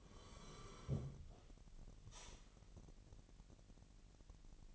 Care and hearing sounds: daily activity, microphone in the room; sit down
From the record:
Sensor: 4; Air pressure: 1002.7 hPa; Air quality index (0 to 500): 248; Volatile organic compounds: 29 ppm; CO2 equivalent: 2935 ppm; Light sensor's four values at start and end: 9/21/8/9 and 9/21/8/9

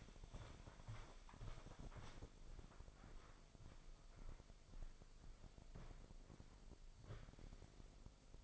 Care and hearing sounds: daily activity, microphone in the room; walk to room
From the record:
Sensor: 5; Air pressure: 995.6 hPa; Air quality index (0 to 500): 110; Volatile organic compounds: 9 ppm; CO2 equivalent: 2139 ppm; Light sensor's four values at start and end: 36/86/36/37 and 38/93/37/38

